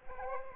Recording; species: mosquito wingbeat signal from an infrared sensor; Aedes aegypti